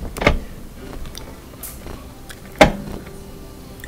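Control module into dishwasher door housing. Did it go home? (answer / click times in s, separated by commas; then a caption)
yes / 2.6 s. A plastic control module is pushed down on its left side into its mounting in a Bosch dishwasher door during a repair for an E09 or E11 error code. Light handling knocks sound around 0.2–0.3 s, followed by a sharp click at 2.6 s as the controller locks into place, and it is now seated.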